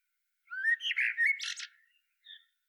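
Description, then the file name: Eurasian blackbird song phrase: a rising fluty whistle, a rolling warble, then a thin high squeaky flourish, followed by one faint short note. "Turdus merula"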